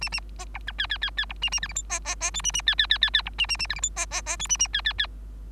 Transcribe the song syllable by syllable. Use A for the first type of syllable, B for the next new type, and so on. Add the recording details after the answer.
A A B C D E E E E C A A F G H B B B I A A E E E E E C A A A F G H B B B I A A E E E. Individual Bird3